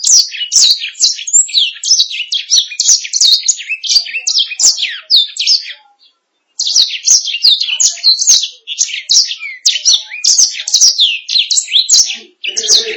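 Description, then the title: Canary singing long rapid phrases of sharp chirps and slurred whistles, pausing briefly midway before resuming the same fast trilling series. "BM Suara Kenari"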